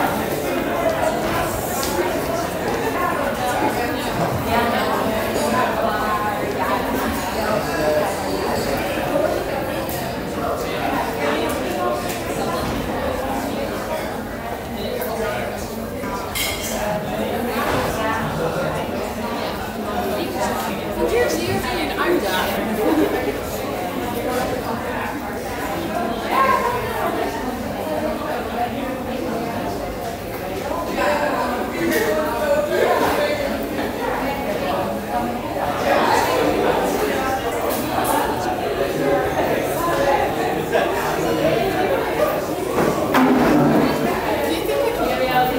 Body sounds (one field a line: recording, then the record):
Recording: background sound without coughing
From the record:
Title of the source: 40 min - Ambience sounds UNIVERSITY lunchroom chatting